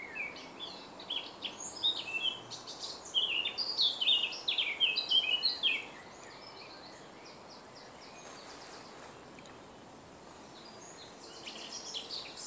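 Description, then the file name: Eurasian blackcap song: a rapid, varied warbling phrase of high chattering and whistled notes lasting about five seconds, then a quiet stretch with faint bird notes and steady background hiss. "Sylvia atricapilla"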